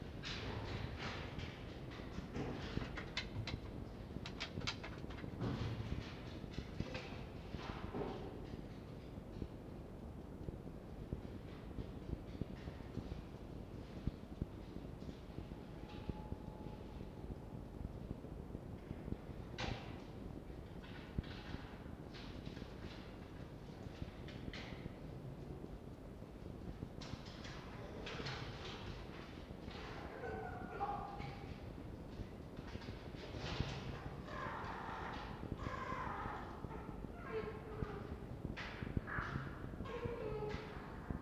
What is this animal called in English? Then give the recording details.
Red Fox. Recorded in captivity. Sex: pair. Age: adult. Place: Zoologisches Institut der HUB, Berlin, DE. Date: 1952-03-06 19:15. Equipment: Elmetra. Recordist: Tembrock, Günter